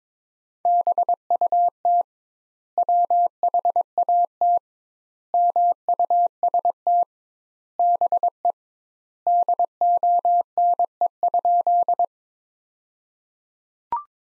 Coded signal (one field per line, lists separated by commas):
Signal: Morse code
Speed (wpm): 22 wpm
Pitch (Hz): 700 Hz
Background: none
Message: BUT WHAT MUST BE DONE?